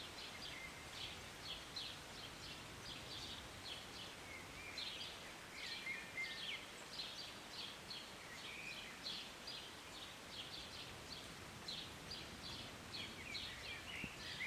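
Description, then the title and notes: Birds chirping in quick, irregular bursts of short high notes with occasional thin whistled slides, against a constant wash of rain. Recorded on a city balcony on a Sunday morning during a short rain, birds singing and chirping. "Rainy Morning with Birds Chirping. Was sitting on my balcony on a Sunday morning, enjoying a cup of tea and the birds. Enjoy the short rain in the morning with birds singing and chirping beautifully. And an occasional plane. Believe it or not, this was recorded in the city"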